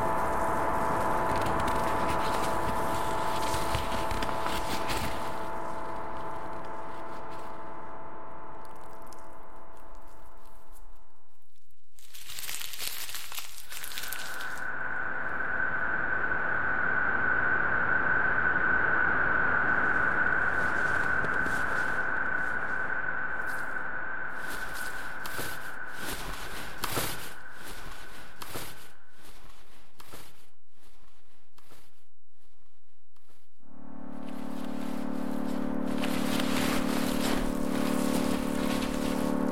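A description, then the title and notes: A generative ambient piece moves through held microtonal chords: a dense, warm cluster for the first eleven seconds, a bright sustained tone from about 14 to 29 seconds, and a lower chord near the end. Short crackly bursts like paper or snow punctuate the gaps. Generative ambient composition made of normally distributed sounds including recorded samples (paper, snow, salt) and synthesized microtonal chords.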